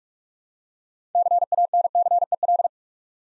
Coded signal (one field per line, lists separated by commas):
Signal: Morse code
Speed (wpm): 44 wpm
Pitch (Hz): 700 Hz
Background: none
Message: CANCEL